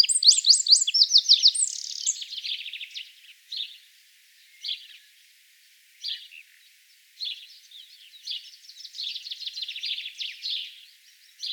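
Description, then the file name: Eurasian wren singing a rapid, high, tumbling run of trills, followed by short separate chips and a second fast trilled phrase near the end. "zaunkoenig gesang nabu lars lachmann"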